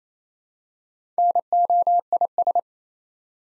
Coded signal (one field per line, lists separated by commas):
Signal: Morse code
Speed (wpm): 27 wpm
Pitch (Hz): 700 Hz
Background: none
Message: NOIS